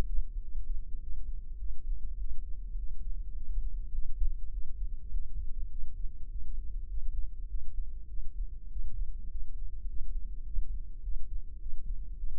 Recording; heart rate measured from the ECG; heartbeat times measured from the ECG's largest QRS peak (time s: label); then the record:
heart sounds by microphone in the left ear; 102 bpm
0.43 s: heartbeat
1.02 s: heartbeat
1.61 s: heartbeat
2.19 s: heartbeat
2.78 s: heartbeat
3.36 s: heartbeat
3.93 s: heartbeat
4.53 s: heartbeat
5.12 s: heartbeat
5.71 s: heartbeat
6.30 s: heartbeat
6.90 s: heartbeat
7.50 s: heartbeat
8.10 s: heartbeat
8.71 s: heartbeat
9.30 s: heartbeat
9.89 s: heartbeat
10.46 s: heartbeat
11.04 s: heartbeat
11.61 s: heartbeat
12.18 s: heartbeat
From the record:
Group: healthy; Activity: cold pressor test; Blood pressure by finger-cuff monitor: 142/92 mmHg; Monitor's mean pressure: 110 mmHg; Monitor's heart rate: 102 bpm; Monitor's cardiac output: 7.6 L/min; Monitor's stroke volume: 73 mL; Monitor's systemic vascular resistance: 1070 dyn s/cm5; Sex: male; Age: 21 years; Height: 175 cm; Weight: 72.6 kg